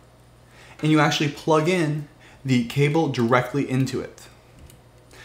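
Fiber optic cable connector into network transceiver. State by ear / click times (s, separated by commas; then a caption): seated / 4.7 s. A duplex fiber optic cable with a plastic connector is pushed into an SFP/QSFP transceiver already fitted in a network card. Someone talks, then one short sharp click is heard at 4.7 seconds. The connector snaps into place.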